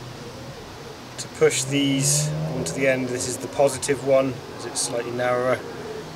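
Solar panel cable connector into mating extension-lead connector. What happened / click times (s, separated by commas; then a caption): Handled, not yet home: no seating click heard / none. Someone talks while handling the positive solar panel cable connector, the slightly narrower one, to push it onto its mating connector on the extension lead during an electrics install in a Mercedes Sprinter campervan. Nothing has seated or clicked yet.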